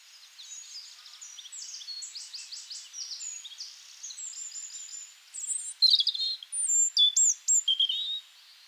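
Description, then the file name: European robin singing a soft, fast run of high twittering notes that swells into louder, clear whistled and trilled phrases. "Erithacus rubecula"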